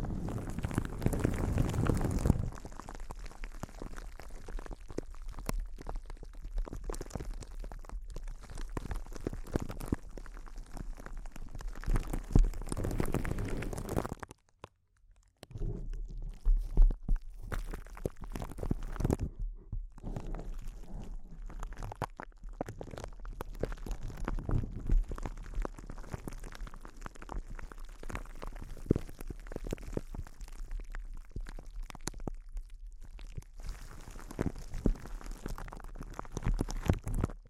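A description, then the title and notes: Intense close-up crinkles crackle densely and unevenly throughout, with a loud burst early on and a brief silence near fifteen seconds. ASMR Intense Close-Up Crinkles (No Talking).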